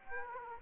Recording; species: mosquito wingbeat signal from an infrared sensor; Aedes aegypti